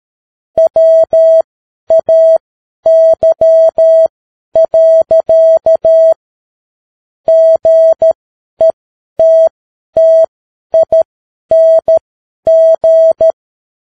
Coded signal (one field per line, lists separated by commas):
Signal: Morse code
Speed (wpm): 13 wpm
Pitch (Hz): 650 Hz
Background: none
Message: WAY. GETTING